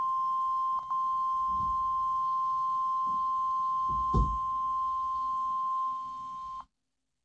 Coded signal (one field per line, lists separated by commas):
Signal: Emergency Alert System (SAME) tones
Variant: 1050 Hz attention tone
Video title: *Fail* Required Weekly Test (EAS 442)